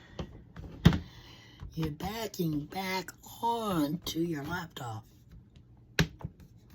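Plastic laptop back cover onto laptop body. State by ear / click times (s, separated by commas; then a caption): seated / 6.0 s. A plastic back cover is pressed onto a laptop body so its clips snap home. Someone talks, then a loud, sharp snap is heard at 6.0 s, with fainter ticks after it. The cover's clips are seated.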